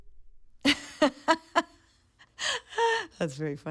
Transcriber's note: laughter